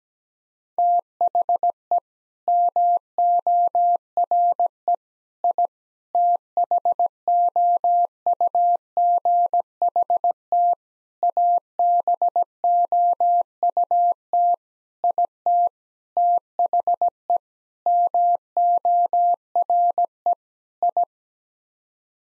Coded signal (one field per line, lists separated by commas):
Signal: Morse code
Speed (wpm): 17 wpm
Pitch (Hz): 700 Hz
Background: none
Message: THE MORE I THOUGHT ABOUT IT THE MORE I